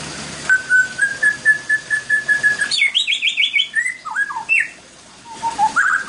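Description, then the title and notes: White-rumped shama singing: a steady series of even whistled notes, then quick slurred phrases dropping in pitch, and a final whistled flourish. Master song recording used for training other birds to sing. "Masteran Murai Batu"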